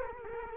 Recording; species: mosquito wingbeat signal from an infrared sensor; Culex quinquefasciatus